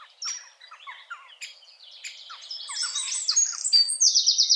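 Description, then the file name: Eurasian wren song, beginning with quieter scattered chirps, then building into loud, high notes and a rapid trill at the end. "Troglodytes troglodytes"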